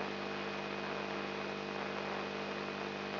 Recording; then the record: brain microelectrode recording played as sound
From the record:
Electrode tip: outside the subthalamic nucleus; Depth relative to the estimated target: -3.5 mm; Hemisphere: left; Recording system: AlphaMap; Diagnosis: Parkinson's disease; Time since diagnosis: 10 years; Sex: male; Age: 56 years